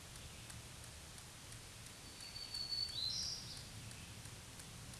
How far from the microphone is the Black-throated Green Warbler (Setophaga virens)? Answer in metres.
about 25 m